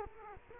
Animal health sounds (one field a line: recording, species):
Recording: mosquito wingbeat signal from an infrared sensor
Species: Culex quinquefasciatus